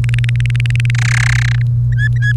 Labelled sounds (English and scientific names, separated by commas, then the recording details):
Domestic Canary (Serinus canaria) song
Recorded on 1 May 2018 at 11:35
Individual llb3